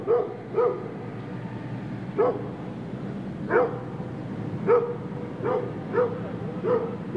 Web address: dog large barking animal barking in distance residential animal barking birds in bg animal